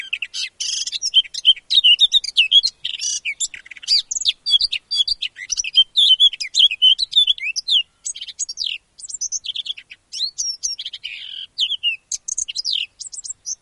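Eurasian blackcap delivering a long, dense run of chattering and warbled notes, jumbled and high, with only brief pauses throughout.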